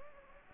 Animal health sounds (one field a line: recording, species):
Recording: mosquito wingbeat signal from an infrared sensor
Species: Anopheles gambiae